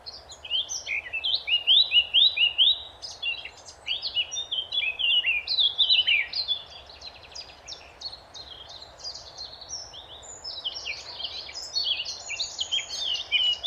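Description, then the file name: Eurasian blackcap song: a long, fast, varied warble of high twittering and slurred notes in bursts, dipping briefly before resuming, over a low steady background hum. "Sylvia atricapilla"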